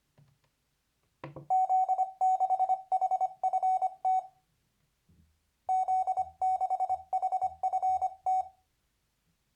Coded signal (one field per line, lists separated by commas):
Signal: Morse code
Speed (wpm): 24 wpm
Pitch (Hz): 750 Hz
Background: none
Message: Z6HFT Z6HFT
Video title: MorseLAB 2.7 #amateurradio #hamradio #cw #morsecode #radioamateur